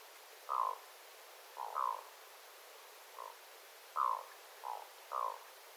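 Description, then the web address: Black-throated loon calls: several brief, rough croaks spaced unevenly, two close together. Adult loons, several birds, recorded 9 September 2025. "paivat 9 9 2025 aikuisten kuikkien aantelya aika hyva"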